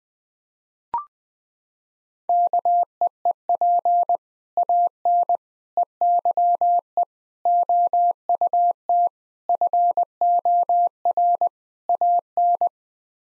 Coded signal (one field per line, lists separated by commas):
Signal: Morse code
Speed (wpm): 20 wpm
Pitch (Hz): 700 Hz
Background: none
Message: KEEP AN EYE OUT FOR AN